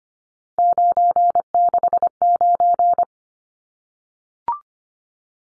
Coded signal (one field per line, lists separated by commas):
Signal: Morse code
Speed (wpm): 25 wpm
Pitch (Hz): 700 Hz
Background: none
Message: 969